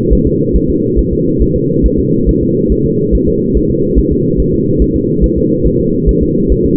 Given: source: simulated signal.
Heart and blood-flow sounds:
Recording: fetal heart sounds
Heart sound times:
0.13 s: S1
0.27 s: S2
0.56 s: S1
0.70 s: S2
0.99 s: S1
1.13 s: S2
1.42 s: S1
1.56 s: S2
1.86 s: S1
1.99 s: S2
2.29 s: S1
2.43 s: S2
2.72 s: S1
2.86 s: S2
3.15 s: S1
3.28 s: S2
3.57 s: S1
3.71 s: S2
3.99 s: S1
4.12 s: S2
4.40 s: S1
4.54 s: S2
4.82 s: S1
4.96 s: S2
5.24 s: S1
5.38 s: S2
5.67 s: S1
5.80 s: S2
6.09 s: S1
6.23 s: S2
6.52 s: S1
6.66 s: S2
From the record:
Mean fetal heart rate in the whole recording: 140 bpm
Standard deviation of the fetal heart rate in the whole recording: 2 bpm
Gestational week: 34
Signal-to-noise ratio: -11.2 dB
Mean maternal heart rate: 72 bpm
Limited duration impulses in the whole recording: present

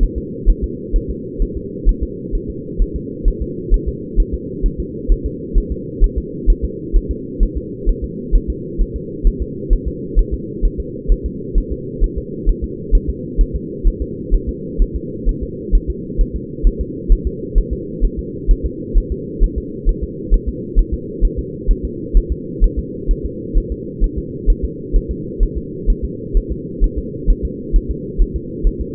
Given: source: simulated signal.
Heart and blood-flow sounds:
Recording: fetal heart sounds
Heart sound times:
0.03 s: S1
0.18 s: S2
0.50 s: S1
0.64 s: S2
0.96 s: S1
1.10 s: S2
1.42 s: S1
1.57 s: S2
1.89 s: S1
2.03 s: S2
2.35 s: S1
2.50 s: S2
2.82 s: S1
2.96 s: S2
3.28 s: S1
3.42 s: S2
3.74 s: S1
3.88 s: S2
4.20 s: S1
4.34 s: S2
4.66 s: S1
4.80 s: S2
5.12 s: S1
5.26 s: S2
5.58 s: S1
5.72 s: S2
6.04 s: S1
6.18 s: S2
6.50 s: S1
6.65 s: S2
6.96 s: S1
7.11 s: S2
7.43 s: S1
7.58 s: S2
7.89 s: S1
8.04 s: S2
8.36 s: S1
8.50 s: S2
8.81 s: S1
8.96 s: S2
9.27 s: S1
9.42 s: S2
9.73 s: S1
9.88 s: S2
10.19 s: S1
10.34 s: S2
10.65 s: S1
10.80 s: S2
11.12 s: S1
11.26 s: S2
11.58 s: S1
11.72 s: S2
12.04 s: S1
12.18 s: S2
12.49 s: S1
12.64 s: S2
12.95 s: S1
13.10 s: S2
13.41 s: S1
13.55 s: S2
13.88 s: S1
14.02 s: S2
14.35 s: S1
14.49 s: S2
14.82 s: S1
14.96 s: S2
15.29 s: S1
15.43 s: S2
15.75 s: S1
15.90 s: S2
16.21 s: S1
16.36 s: S2
16.67 s: S1
16.81 s: S2
17.12 s: S1
17.27 s: S2
17.58 s: S1
17.73 s: S2
18.05 s: S1
18.19 s: S2
18.51 s: S1
18.66 s: S2
18.98 s: S1
19.12 s: S2
19.44 s: S1
19.58 s: S2
19.89 s: S1
20.04 s: S2
20.34 s: S1
20.49 s: S2
20.79 s: S1
20.94 s: S2
21.25 s: S1
21.39 s: S2
21.71 s: S1
21.85 s: S2
22.17 s: S1
22.32 s: S2
22.64 s: S1
22.79 s: S2
23.11 s: S1
23.25 s: S2
23.58 s: S1
23.72 s: S2
24.04 s: S1
24.18 s: S2
24.50 s: S1
24.64 s: S2
24.96 s: S1
25.11 s: S2
25.43 s: S1
25.57 s: S2
25.90 s: S1
26.05 s: S2
26.37 s: S1
26.52 s: S2
26.84 s: S1
26.98 s: S2
27.30 s: S1
27.45 s: S2
27.76 s: S1
27.91 s: S2
28.22 s: S1
28.36 s: S2
28.67 s: S1
28.81 s: S2
From the record:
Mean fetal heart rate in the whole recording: 130 bpm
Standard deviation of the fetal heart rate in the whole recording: 2 bpm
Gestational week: 38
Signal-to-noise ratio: -4.1 dB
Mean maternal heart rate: no maternal heart sound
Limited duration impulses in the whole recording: absent

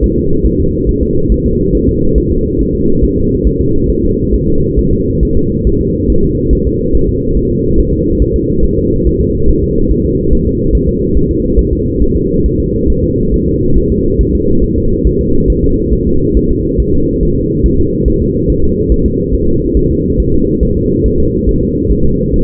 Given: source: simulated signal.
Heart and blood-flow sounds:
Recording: fetal heart sounds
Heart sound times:
0.04 s: S1
0.18 s: S2
0.46 s: S1
0.60 s: S2
0.89 s: S1
1.03 s: S2
1.32 s: S1
1.46 s: S2
1.75 s: S1
1.89 s: S2
2.18 s: S1
2.32 s: S2
2.61 s: S1
2.75 s: S2
3.04 s: S1
3.18 s: S2
3.47 s: S1
3.61 s: S2
3.90 s: S1
4.04 s: S2
4.34 s: S1
4.48 s: S2
4.79 s: S1
4.93 s: S2
5.23 s: S1
5.37 s: S2
5.67 s: S1
5.81 s: S2
6.10 s: S1
6.24 s: S2
6.53 s: S1
6.67 s: S2
6.95 s: S1
7.09 s: S2
7.37 s: S1
7.51 s: S2
7.79 s: S1
7.93 s: S2
8.22 s: S1
8.36 s: S2
8.64 s: S1
8.78 s: S2
9.07 s: S1
9.21 s: S2
9.50 s: S1
9.63 s: S2
9.91 s: S1
10.05 s: S2
10.33 s: S1
10.47 s: S2
10.75 s: S1
10.89 s: S2
11.17 s: S1
11.31 s: S2
11.59 s: S1
11.73 s: S2
12.02 s: S1
12.16 s: S2
12.46 s: S1
12.60 s: S2
12.90 s: S1
13.04 s: S2
13.34 s: S1
13.48 s: S2
13.78 s: S1
13.91 s: S2
14.21 s: S1
14.35 s: S2
14.64 s: S1
14.78 s: S2
15.07 s: S1
15.21 s: S2
15.50 s: S1
15.64 s: S2
15.93 s: S1
16.07 s: S2
16.37 s: S1
16.51 s: S2
16.80 s: S1
16.94 s: S2
17.23 s: S1
17.37 s: S2
17.66 s: S1
17.80 s: S2
18.08 s: S1
18.22 s: S2
18.50 s: S1
18.64 s: S2
18.92 s: S1
19.06 s: S2
19.34 s: S1
19.48 s: S2
19.77 s: S1
19.91 s: S2
20.20 s: S1
20.34 s: S2
20.63 s: S1
20.77 s: S2
21.06 s: S1
21.20 s: S2
21.49 s: S1
21.63 s: S2
21.91 s: S1
22.05 s: S2
22.34 s: S1
From the record:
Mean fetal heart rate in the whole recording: 140 bpm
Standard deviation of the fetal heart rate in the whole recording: 2 bpm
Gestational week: 34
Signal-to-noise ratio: -16.4 dB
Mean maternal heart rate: 72 bpm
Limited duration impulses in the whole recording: present

